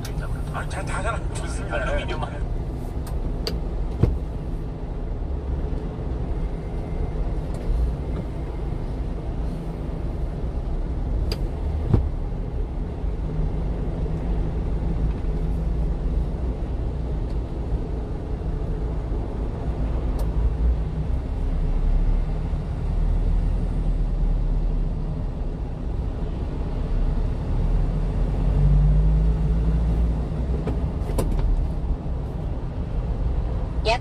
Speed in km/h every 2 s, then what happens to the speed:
7, 4, 5, 5, 0, 0, 3, 7, 6, 9, 13, 15, 12, 16, 21, 19, 18.
0-8 slows to 0. 8-11 standing. 11-21 pulls away to 15. 25-28 speeds up to 21. 28-34 steady at about 19.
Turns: none.